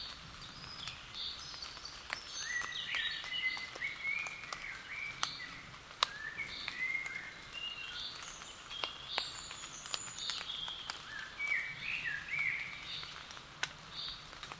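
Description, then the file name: Common blackbird repeating short warbled phrases at irregular intervals, with scattered clicks throughout. "Turdus merula"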